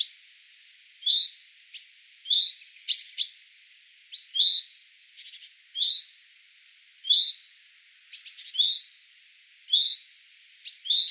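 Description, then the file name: Common chaffinch giving short, sharp chinking calls about once every one to two seconds, with thin high whistled notes and faint clicks in between. "Fringilla coelebs"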